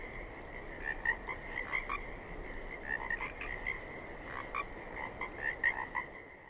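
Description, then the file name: Pacific chorus frogs calling as a chorus, raspy croaks over a steady high drone of more callers. Several Pacific chorus frogs recorded 27 May 2006 at 21:20. "060527-2120 pcfrogs"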